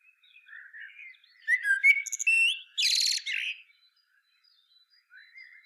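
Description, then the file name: Common blackbird singing: soft opening notes, then a clear whistled phrase that ends in a dense, scratchy high twitter before quieter notes resume. "Turdus merula"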